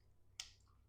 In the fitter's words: and this piece will seat. See if it clicks in place.